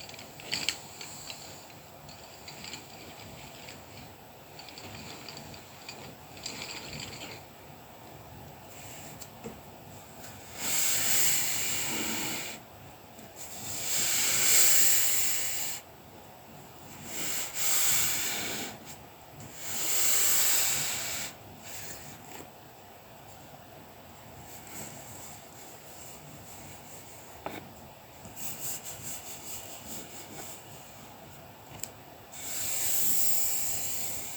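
Colouring pencil work on paper, a low scratchy rustle running throughout with small clicks and taps. Every few seconds come louder, bright hissing sweeps, at about 11, 14, 17, 20 and 33 seconds, each lasting a second or two, like paper being rubbed.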